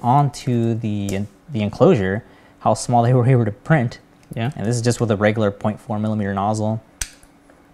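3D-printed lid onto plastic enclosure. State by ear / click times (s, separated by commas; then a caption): seated / 7.0 s. Someone talks for about seven seconds, then a 3D-printed lid is pressed onto its plastic 3D-printed enclosure, with small printed nubs printed using a regular 0.4 millimeter nozzle. A sharp click at 7.0 s marks the lid snapping into place and seating, followed by two faint ticks at 7.2 and 7.5 s.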